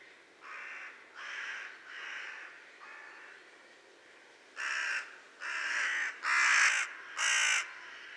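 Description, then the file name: Carrion crow uttering hoarse caws: four fainter ones, a short pause, then four louder, harsher caws in quick succession. "Corvus corone"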